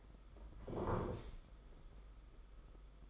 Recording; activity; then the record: daily activity, microphone in the room; sit down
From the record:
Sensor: 5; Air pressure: 991.9 hPa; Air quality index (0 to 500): 143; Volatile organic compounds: 132 ppm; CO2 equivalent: 3937 ppm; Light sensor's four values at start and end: 32/108/40/43 and 32/108/40/43